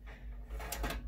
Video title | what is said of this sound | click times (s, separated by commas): How to Build a Computer | locks into place now | 0.7 s